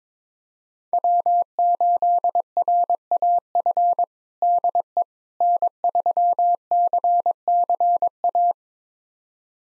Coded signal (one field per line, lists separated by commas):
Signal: Morse code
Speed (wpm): 22 wpm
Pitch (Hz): 700 Hz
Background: none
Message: W8RAF DE N3CCA